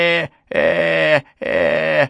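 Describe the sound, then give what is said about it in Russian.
A girl's voice imitates cows mooing, mocking the sound heard under the window at Enak's house during prayer: one short low moo followed by two longer, drawn-out ones, each a steady, loud, droning tone with brief pauses between. “«Каждый раз я прохожу под окном у этого Энака, и оттуда слышно мычание, будто коровы в хлеву проголодались.”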